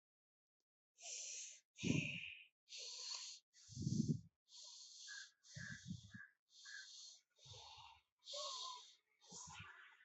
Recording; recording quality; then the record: shallow breathing; excellent, no background noise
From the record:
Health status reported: healthy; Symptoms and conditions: none ticked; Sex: male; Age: 42 years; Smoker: not ticked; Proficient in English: yes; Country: India